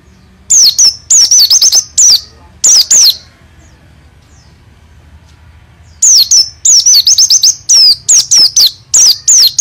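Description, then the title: White-eye song: loud bursts of high, sharp, wavering notes and rapid rolling trills, in two groups separated by a pause of about three seconds. Caged songbird in training for singing contests; East Java type; described as singing continuously with rolling, chattering song. "burung pleci dakun jatim joss edan ngalas ngerol gacor calon juara(milik om doddy cikarang)"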